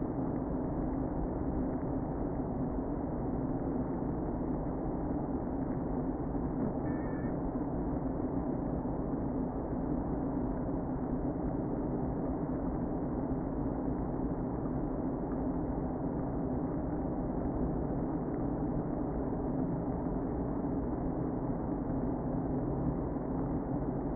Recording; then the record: honeybee colony, microphone inside the hive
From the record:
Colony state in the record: queen present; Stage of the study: before two queens were removed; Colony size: about 60,000 bees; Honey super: yes